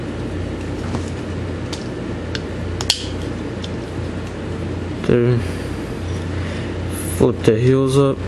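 A second plastic foot on a transforming robot toy's leg is flipped up at its joint, repeating the first foot, with faint small ticks before a sharp click at 2.9 s as it locks into place. Someone talks afterward over a steady low background hum. The foot is seated in its locked position.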